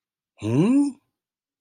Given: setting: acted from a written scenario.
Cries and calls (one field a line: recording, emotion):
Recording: vocal sound without words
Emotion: confusion